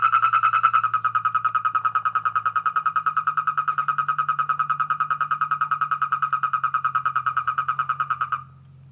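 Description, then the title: Frogs and toads: a frog or toad giving a long, very regular pulsed trill of rapid croaks, stopping abruptly near the end, with a low hum beneath. Chorus of frogs and toads after spring rain, near San Javier, Córdoba region, Argentina. "Orgie de batraciens, Cordoba (AR)"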